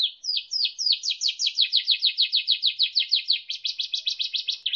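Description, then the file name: Canary song, a few sweeping notes leading into a fast, even series of repeated high chirps lasting several seconds. Canary song used as isian, a training song for teaching other songbirds. "suara kenari isian omkicau"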